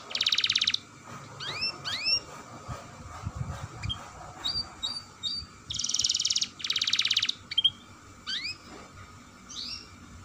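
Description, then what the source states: Canary giving short buzzy trill bursts and scattered upslurred chirps with gaps of quiet, over a low background noise. Kenari singing a long roll song style (dor roll panjang), described as gacor, i.e. singing vigorously.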